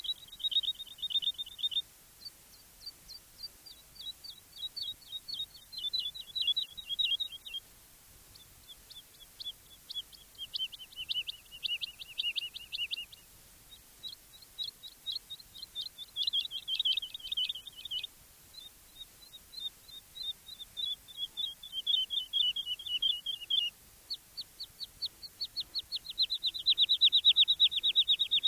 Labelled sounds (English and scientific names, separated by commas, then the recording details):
Wood Lark (Lullula arborea) song
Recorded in the wild
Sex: male
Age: adult
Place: Erlangen, Bayern, DE
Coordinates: 49.6086, 10.9697
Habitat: forest
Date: 1965-05-13
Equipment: Original Vollspur
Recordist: Tretzel, Erwin
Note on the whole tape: Mönau (Versuchsgelände, Reitplatz): Gesang